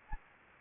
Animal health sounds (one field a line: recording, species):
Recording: mosquito wingbeat signal from an infrared sensor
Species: Anopheles gambiae